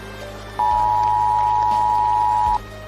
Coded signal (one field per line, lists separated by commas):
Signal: Emergency Alert System (SAME) tones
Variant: 853 and 960 Hz attention tone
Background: music